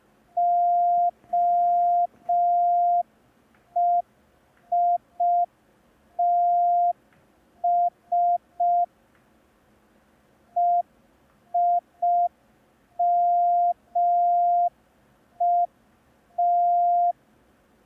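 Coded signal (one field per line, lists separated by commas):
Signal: Morse code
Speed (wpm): 5 wpm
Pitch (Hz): 700 Hz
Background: none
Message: OEITS EIMET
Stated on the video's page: Morse code lesson, day 1 of a 10-day learning course.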